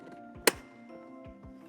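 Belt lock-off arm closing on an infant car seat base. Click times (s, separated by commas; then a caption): 0.5 s. After the slack is pulled out of the UAS strap, the plastic lock-off arm on the TrioGrow SnugLock infant car seat base, installed rear facing with its anti-rebound bar, is pressed down until it latches. A single sharp click sounds at 0.5 s over soft background music, and the lock-off is closed and seated.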